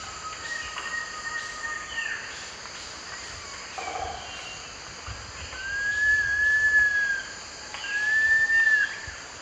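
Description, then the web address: Long-billed woodcreeper song: faint drawn-out whistles at first, then two louder, slightly arched whistled notes, with a steady background insect drone. Song recorded in the eastern lowlands of South America. "ENTER Music and Audio. Nature Songs S America Eastern Lowlands. Nasica longirostris, song"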